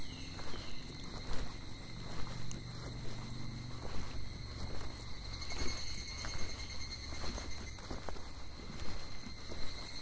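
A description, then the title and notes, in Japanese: Walking a mountain trail on a summer evening, footsteps crunch at an irregular pace with a low rustle beneath them. Insects keep up a steady high, thin drone throughout, with a few brief bird-like chirps now and then. 景信山・高尾山 - VOICE OF MOUNTAIN。夏の夕方、景信山から高尾山を歩いたときにステレオマイクで収録した音声です。夕方らしい虫や鳥の声と山をただ無心で歩いています。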